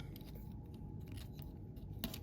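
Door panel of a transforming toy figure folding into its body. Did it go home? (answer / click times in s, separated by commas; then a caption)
no / none. The door panels of a plastic Transformers Studio Series 71 Deluxe Class Dino (Mirage) figure are flipped down toward vehicle mode, with light handling clicks and rustles, including a sharper tick near 2.0 s. No panel has snapped or seated into place yet.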